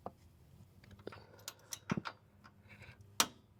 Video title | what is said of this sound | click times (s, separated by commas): Sprinter Van Trailer Hitch Install - Essential Van Life Upgrade for Towing & Travel Freedom | Okay, hear it click. That means you're at 79 ft-lbs. | 3.2 s